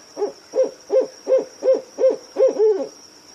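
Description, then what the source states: Owl calling a quick run of about eight mellow hoots at a steady pace, ending in a longer wavering note; a faint continuous high tone runs throughout. Owl calling at night.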